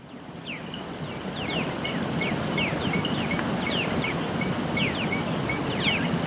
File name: Buthraupis eximia - Black-chested Mountain Tanager